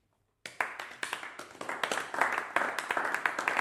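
Thin but sustained applause accompanying Kretschmar as he leaves: a small number of hands clapping in steady, overlapping bursts that start abruptly and continue without fading, with no voices over it.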